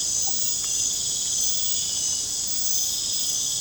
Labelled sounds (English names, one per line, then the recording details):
none
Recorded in pastures near Puerto Asís, Putumayo, Colombia, on 22 December 2024 at 20:00
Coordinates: 0.466, -76.322
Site G040